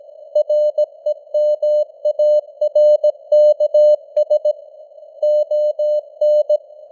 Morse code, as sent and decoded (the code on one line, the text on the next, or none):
.-. . -- .- .-. -.- ... / --- -.
REMARKS ON